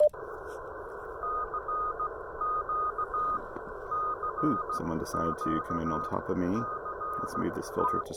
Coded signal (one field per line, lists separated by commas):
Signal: Morse code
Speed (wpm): 16 wpm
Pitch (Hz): 1240 Hz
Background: speech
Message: CQCQCT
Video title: Testing the new Chameleon Tactical Delta Loop (CHA TDL) antenna on a POTA activation